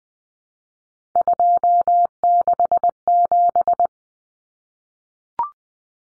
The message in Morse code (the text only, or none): 267